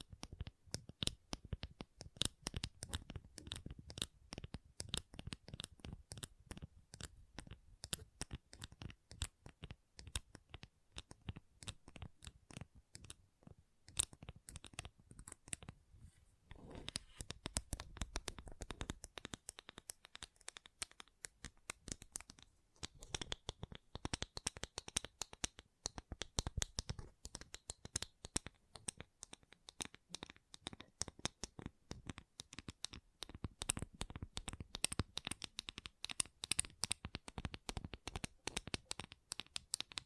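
Gentle tapping runs in quick, dense bursts of soft clicks and taps throughout, almost without pause. The rhythm is irregular, with brief thinner stretches around 15 and 25 seconds, and a dry, papery, card-like crispness to many of the strikes.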